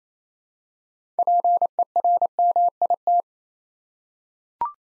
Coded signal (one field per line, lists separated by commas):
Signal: Morse code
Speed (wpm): 29 wpm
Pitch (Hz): 700 Hz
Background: none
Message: PERMIT